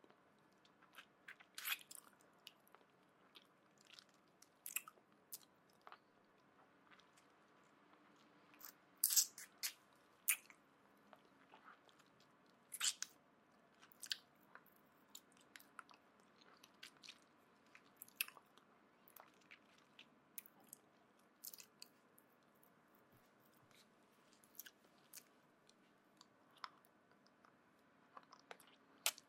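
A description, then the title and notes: Lollipop licking with frequent short, wet smacks and clicks scattered irregularly through the whole half minute, some in quick clusters of two or three. Between them a soft, low murmur stays steady. The sharpest, loudest snaps come around nine to ten seconds. 耳語+棒棒糖.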